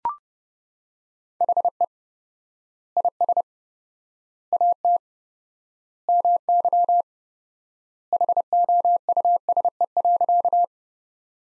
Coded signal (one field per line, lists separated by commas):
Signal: Morse code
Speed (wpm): 30 wpm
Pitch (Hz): 700 Hz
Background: none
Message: HE IS AT MY HOUSE.